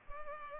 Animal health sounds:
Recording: mosquito wingbeat signal from an infrared sensor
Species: Culex pipiens

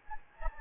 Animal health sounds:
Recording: mosquito wingbeat signal from an infrared sensor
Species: Anopheles gambiae

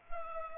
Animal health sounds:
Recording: mosquito wingbeat signal from an infrared sensor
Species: Culex pipiens

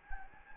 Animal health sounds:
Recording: mosquito wingbeat signal from an infrared sensor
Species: Anopheles gambiae

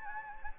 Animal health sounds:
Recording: mosquito wingbeat signal from an infrared sensor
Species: Anopheles gambiae

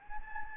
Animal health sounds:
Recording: mosquito wingbeat signal from an infrared sensor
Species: Anopheles gambiae

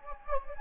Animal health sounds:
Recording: mosquito wingbeat signal from an infrared sensor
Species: Anopheles gambiae

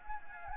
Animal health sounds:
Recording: mosquito wingbeat signal from an infrared sensor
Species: Anopheles gambiae

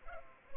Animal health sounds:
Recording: mosquito wingbeat signal from an infrared sensor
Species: Culex pipiens

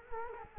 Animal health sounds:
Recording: mosquito wingbeat signal from an infrared sensor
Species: Culex quinquefasciatus

